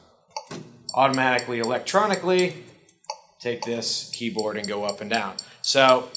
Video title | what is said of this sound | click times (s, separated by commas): Voluson e8 4D ultrasound machine review | Now, it also has some cool functions for the ergonomics, such as you can push button and move it around like this, and it immediately locks into place. | 0.4 s